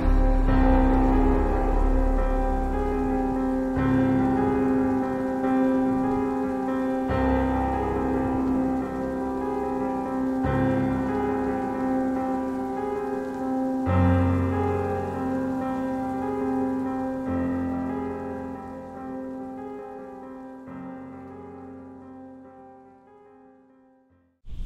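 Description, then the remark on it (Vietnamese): Steady, dense hiss of heavy rain runs under a sustained droning musical tone whose chords shift every few seconds, with no talking, before the whole sound slowly fades away at the end. “Suốt ngày hôm đó mưa rất lớn, giống như cái ngày mà Hậu đi sinh vậy.”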